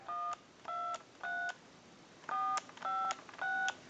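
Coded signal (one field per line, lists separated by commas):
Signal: DTMF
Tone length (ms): 260 ms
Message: 123 456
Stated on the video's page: Telephone tones from an animated duck novelty telephone during checkout and repair.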